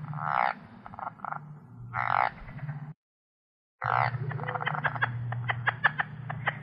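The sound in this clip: Plains leopard frog calls in short chuckling bursts, then a longer run of rapid clicking pulses, over a steady low droning hum.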